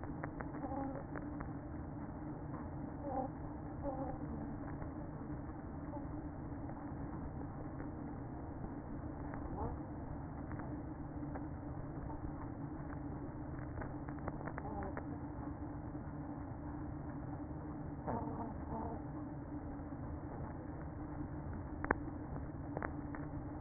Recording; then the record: honeybee colony, microphone inside the hive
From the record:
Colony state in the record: queen present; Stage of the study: after two queens were removed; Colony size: about 60,000 bees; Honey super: yes